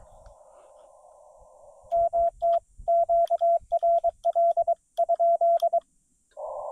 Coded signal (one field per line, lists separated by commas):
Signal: Morse code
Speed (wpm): 24 wpm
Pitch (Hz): 680 Hz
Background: radio noise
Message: MT QRL ?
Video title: CW POTA at Black Kettle National Grasslands